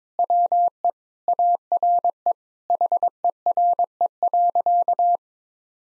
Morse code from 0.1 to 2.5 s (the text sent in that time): WE ARE